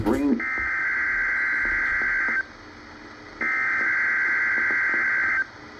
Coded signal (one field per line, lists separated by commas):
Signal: Emergency Alert System (SAME) tones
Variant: header bursts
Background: speech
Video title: EAS #727 Tornado Watch